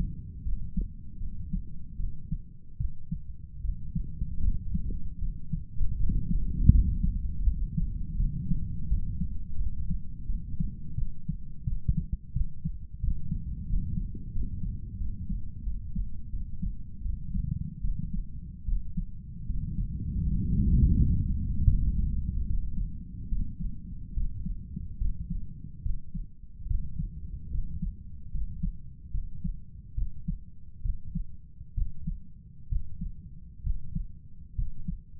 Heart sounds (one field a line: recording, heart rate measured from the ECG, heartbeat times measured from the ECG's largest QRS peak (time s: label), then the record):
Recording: heart sounds by stethoscope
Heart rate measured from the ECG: 77 bpm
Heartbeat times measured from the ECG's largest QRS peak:
0.43 s: heartbeat
1.18 s: heartbeat
1.97 s: heartbeat
2.78 s: heartbeat
3.62 s: heartbeat
4.42 s: heartbeat
5.19 s: heartbeat
5.97 s: heartbeat
6.71 s: heartbeat
7.44 s: heartbeat
8.17 s: heartbeat
8.88 s: heartbeat
9.58 s: heartbeat
10.27 s: heartbeat
10.96 s: heartbeat
11.65 s: heartbeat
12.33 s: heartbeat
13.01 s: heartbeat
13.67 s: heartbeat
14.33 s: heartbeat
14.98 s: heartbeat
15.64 s: heartbeat
16.31 s: heartbeat
17.02 s: heartbeat
17.82 s: heartbeat
18.65 s: heartbeat
19.46 s: heartbeat
20.23 s: heartbeat
20.95 s: heartbeat
21.66 s: heartbeat
22.46 s: heartbeat
23.28 s: heartbeat
24.13 s: heartbeat
24.98 s: heartbeat
25.82 s: heartbeat
26.67 s: heartbeat
27.50 s: heartbeat
28.31 s: heartbeat
29.11 s: heartbeat
29.94 s: heartbeat
30.82 s: heartbeat
31.74 s: heartbeat
32.68 s: heartbeat
33.62 s: heartbeat
34.55 s: heartbeat
From the record:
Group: healthy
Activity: rest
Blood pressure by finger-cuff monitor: 111/63 mmHg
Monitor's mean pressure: 76 mmHg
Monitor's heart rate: 75 bpm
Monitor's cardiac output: 7.2 L/min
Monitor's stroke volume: 97 mL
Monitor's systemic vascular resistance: 720 dyn s/cm5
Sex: male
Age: 35 years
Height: 180 cm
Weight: 86.9 kg